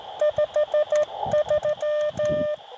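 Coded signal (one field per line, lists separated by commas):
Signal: Morse code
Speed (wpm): 13 wpm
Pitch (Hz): 600 Hz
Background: none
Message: 53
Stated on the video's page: CW contacts on 20 and 40 meters from an Elecraft KX2 on solar-charged battery power, Buddipole vertical on a painter's pole, hiking portable working POTA stations.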